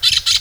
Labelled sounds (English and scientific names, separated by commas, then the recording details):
Brown-throated Parakeet (Eupsittula pertinax) contact call
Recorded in Venezuela
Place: Guárico; Corozopando; Fundo La Fe
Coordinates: 8.506, -67.593